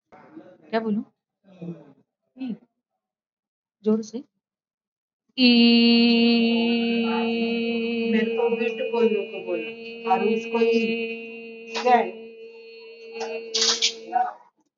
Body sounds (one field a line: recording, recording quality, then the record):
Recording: sustained vowel as in beet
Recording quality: moderate, slight background noise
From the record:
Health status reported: exposed to COVID-19, no respiratory illness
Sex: female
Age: 57 years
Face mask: not worn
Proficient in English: yes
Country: India